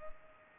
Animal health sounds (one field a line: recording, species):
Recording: mosquito wingbeat signal from an infrared sensor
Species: Culex pipiens